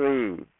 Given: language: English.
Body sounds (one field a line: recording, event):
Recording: throat vibration sensor signal played as sound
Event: speech